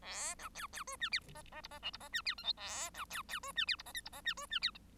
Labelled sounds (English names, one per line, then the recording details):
Bengalese Finch song
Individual Bird1